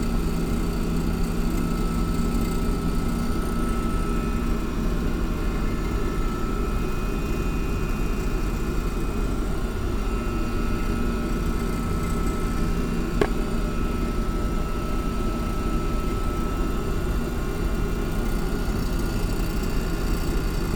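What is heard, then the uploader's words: Steady low machine hum fills a basement space, with a constant tone near 1 kHz and a brief sharp click around thirteen seconds. Soundwalk in the new NBMAA basement. Passing through many of the rooms and other areas of the basement.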